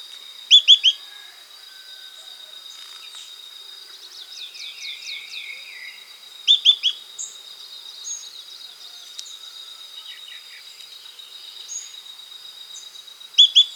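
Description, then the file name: Bird calls: loud, high chirps in bursts of two or three, spaced several seconds apart, with a softer run of notes midway. A constant high-pitched buzzing drone continues underneath. "SABIOD bird"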